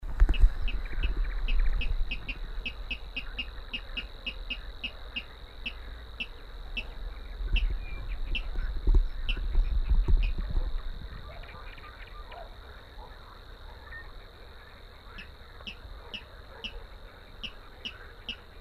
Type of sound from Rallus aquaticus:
song